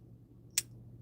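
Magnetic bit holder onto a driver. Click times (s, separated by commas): 0.6 s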